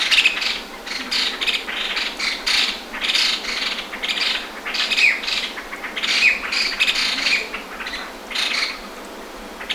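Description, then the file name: Masked laughingthrush alarm calls, a continuous harsh scolding chatter of overlapping raspy bursts, several birds calling together with occasional short thin notes. A group of masked laughingthrushes giving alarm calls at Wu Tong Shan, Shenzhen, China, on 7 January 2012. "Masked Laughingthrush Group Alarm Call 120107 Shenzhen Wu Tong Shan"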